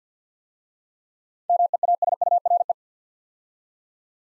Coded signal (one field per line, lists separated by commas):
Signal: Morse code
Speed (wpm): 50 wpm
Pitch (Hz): 700 Hz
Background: none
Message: MEASURE